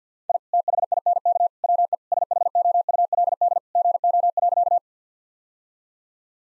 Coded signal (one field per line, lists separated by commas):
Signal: Morse code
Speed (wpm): 48 wpm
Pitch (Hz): 700 Hz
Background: none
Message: I THINK WE SHOULD GO.